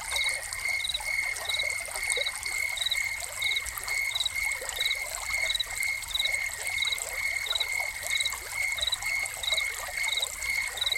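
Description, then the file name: Cricket giving regular high chirps at an even pace over a continuous trill, with a fountain's running water trickling underneath. Crickets heard together with a fountain, presented as a soundscape. "Crickets and Fountain"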